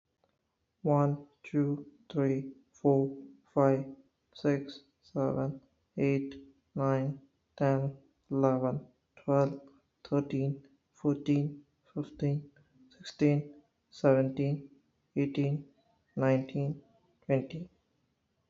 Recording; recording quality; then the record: counting at a normal pace; excellent, no background noise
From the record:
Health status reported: healthy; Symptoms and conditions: none ticked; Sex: male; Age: 27 years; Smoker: not ticked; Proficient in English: yes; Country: India